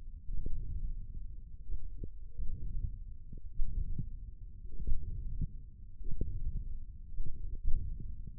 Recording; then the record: forearm muscle sounds (acoustic myography)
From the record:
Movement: hook grip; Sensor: system 1, eight BSWA MPA416 microphones around the upper forearm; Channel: 3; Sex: male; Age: 20 years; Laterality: left